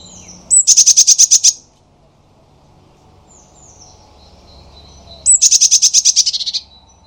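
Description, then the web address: Eurasian blue tit scolding: a thin rising note runs into a rapid burst of many high, buzzy churring notes, twice, roughly five seconds apart. "cianscape birddata Deverinetal 2025 File origin Bird Only Cy Ca"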